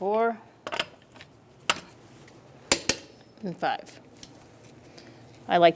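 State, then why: Torque reached. A click-type torque wrench tightens the fifth lug nut on a wheel of a 2007–2012 Nissan Altima during a front brake replacement, set to 83 ft-lbs. Someone talks, and sharp metallic clicks ring out, with the wrench clicking at its setting at 2.7 and 2.9 seconds. The lug nut is confirmed torqued to 83 ft-lbs.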